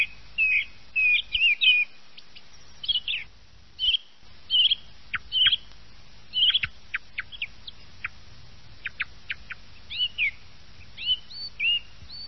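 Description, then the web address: Thrush song of short whistled and chirping phrases, many repeated two or three times, with sharp high notes between pauses; otherwise quiet. Thrush song used as a lure in uccellagione, Italian bird-catching. "Uccellagione canti-film tord"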